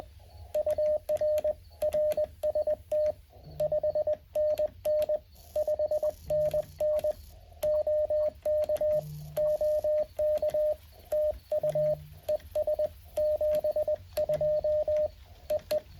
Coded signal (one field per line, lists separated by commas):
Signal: Morse code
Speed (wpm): 20 wpm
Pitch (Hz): 610 Hz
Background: radio noise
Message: UR RST 5NN 5NN OK OK TU ES 72 EE